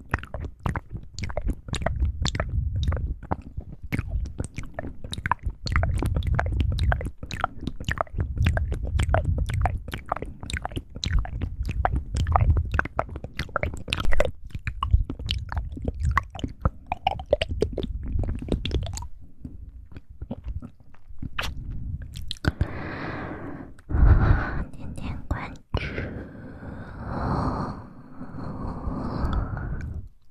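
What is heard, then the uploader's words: Mouth sounds, wet and crunchy like chewing and biting, come in a dense stream of quick clicks and smacks for the first nineteen seconds. After a short lull, softer squishy, smeared mouth noises take over through the end, with a few sharper pops. Mouth sounds.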